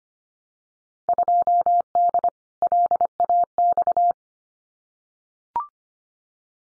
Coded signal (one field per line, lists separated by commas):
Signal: Morse code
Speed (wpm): 25 wpm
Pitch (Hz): 700 Hz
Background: none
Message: 2D LAX